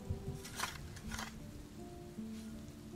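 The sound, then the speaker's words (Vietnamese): Cold rain pours down in a soft, steady hiss, swelling in a couple of brief gusts, with low sustained tones humming faintly underneath. No one speaks. “Trời vẫn đổ cơn mưa lạnh buốt.”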